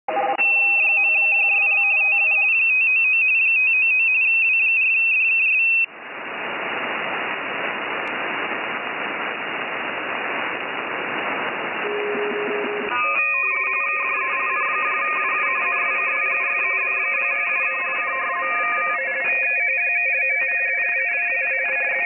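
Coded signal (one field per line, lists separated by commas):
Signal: RTTY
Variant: 45.45 baud, 170 Hz shift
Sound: rapid warbling two-tone teletype chatter, a burst of loud hiss, then overlapping signals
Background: radio static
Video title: 15 Meter RTTY Pileup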